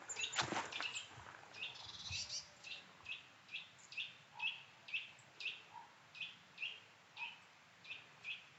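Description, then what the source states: Eurasian Nuthatch calls: high, short piping notes repeated about twice a second, with a few lower notes and a brief rustle at the start. High-pitched calls in oak and hazel woodland with gnarled hazels, Brecon Beacons, early spring.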